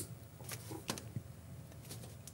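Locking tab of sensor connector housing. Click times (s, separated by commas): 0.9 s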